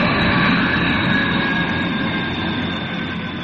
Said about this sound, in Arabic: دقائق وتصل الطائرة إلى مطار القاهرة الدولي.